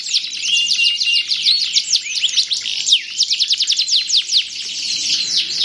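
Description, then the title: Belgian canary song: a fast, continuous stream of high trills and sweeping notes with rapidly repeated syllables, loud throughout. Belgian canary; warm-up song used to stimulate singing. "Canto Para Esquentar Canário Belga. SUARA BURUNG : Kenari"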